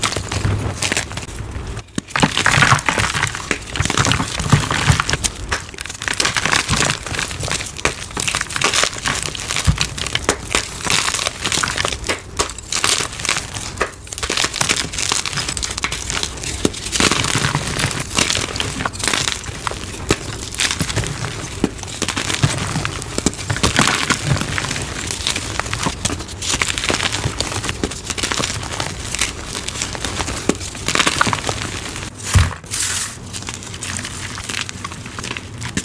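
Dyed gym chalk is crushed in soft, crispy, powdery crunches that run without pause for the whole stretch. The crackles come densely and irregularly, bright and papery. A few sharp snaps stand out, one near two seconds and another around thirty-two.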